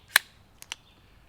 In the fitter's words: pull it out two clicks